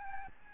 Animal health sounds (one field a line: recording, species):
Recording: mosquito wingbeat signal from an infrared sensor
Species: Aedes albopictus